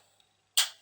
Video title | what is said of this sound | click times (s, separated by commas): Revell Technik Dakar unboxing Build & Test Run | until you hear a click | 0.6 s